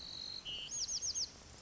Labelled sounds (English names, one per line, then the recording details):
Bewick's Wren
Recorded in Sonoma County, California